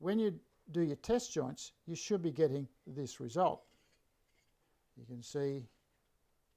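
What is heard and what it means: Someone talks while a test dovetail joint cut in timber on a jig is handled, its pin board about to be pressed by hand into the tail board. Only speech is heard, with a pause near the end. Nothing has seated or clicked yet.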